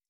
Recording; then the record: hydrophone in a shrimp aquaculture tank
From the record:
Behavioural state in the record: stressed